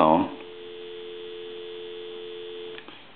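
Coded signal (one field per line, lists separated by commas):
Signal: telephone call progress tone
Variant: North America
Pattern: dial tone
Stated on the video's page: Heard on an original Kermit the Frog novelty telephone during final checkout.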